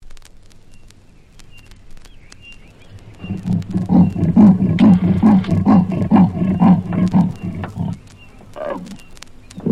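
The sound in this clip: Animal growling call: a run of deep, pulsed rumbling roars from about three to eight seconds, rising and falling in loudness, then a short final growl.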